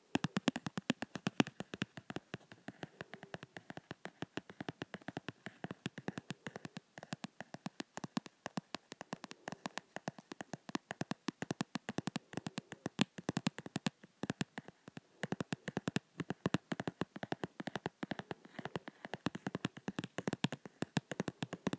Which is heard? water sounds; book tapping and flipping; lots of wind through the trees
book tapping and flipping